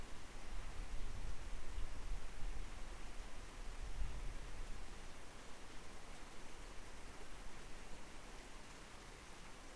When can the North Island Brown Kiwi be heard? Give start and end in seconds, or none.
none